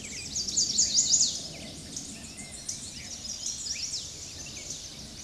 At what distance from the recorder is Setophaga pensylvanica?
about 20 m